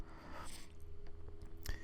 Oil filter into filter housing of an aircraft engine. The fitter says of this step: you just slot that in there and it's just a bit of pressure on there just clicks into place and